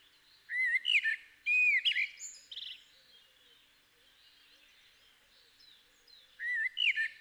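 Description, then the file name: Common blackbird song: two rich whistled phrases, each ending in a thin squeaky twitter, a pause, then another whistled phrase begins. "Turdus merula"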